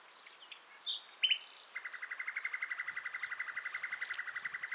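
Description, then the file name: Common nightingale song: a few thin whistles and a sharp note, then a long, fast, even run of repeated notes. "Luscinia megarhynchos"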